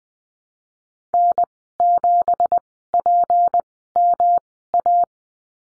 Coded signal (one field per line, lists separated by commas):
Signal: Morse code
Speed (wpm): 20 wpm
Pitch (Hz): 700 Hz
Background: none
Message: N7PMA